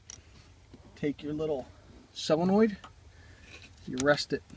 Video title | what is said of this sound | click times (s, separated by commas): IMG 7623 | all right you can see that locks into place | 0.1 s